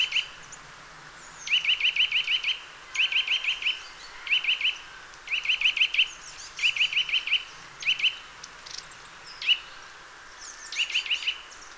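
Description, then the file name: Eurasian nuthatch repeating rapid runs of three to six bright, even notes, each run about half a second long and recurring every second or so. "Sitta europaea"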